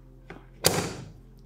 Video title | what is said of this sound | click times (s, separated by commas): AEM 340 FUEL PUMP DIY INSTALL GUIDE ON MY 2017 SUBARU WRX STI - Part 9 of Tearing Down My STI | Ooh, sweet. You hear that snap? | 0.3 s, 0.7 s